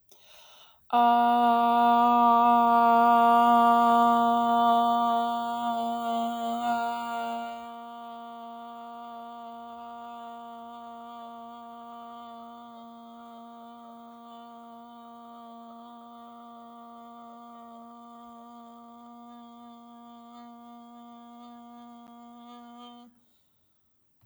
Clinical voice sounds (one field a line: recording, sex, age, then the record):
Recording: vowel held as long as possible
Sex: female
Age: 30 to 39 years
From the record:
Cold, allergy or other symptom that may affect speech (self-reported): no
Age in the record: 36 years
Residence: Texas, United States